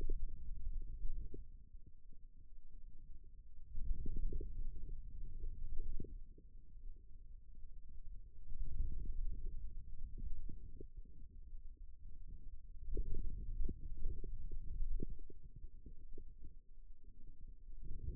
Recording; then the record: forearm muscle sounds (acoustic myography)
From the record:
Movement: finger pinch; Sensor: system 2, bracelet of six BSWA MPA416 microphones around the upper forearm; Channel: 4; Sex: male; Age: 22 years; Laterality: right